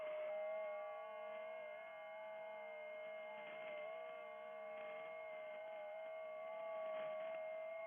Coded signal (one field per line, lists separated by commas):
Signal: FT8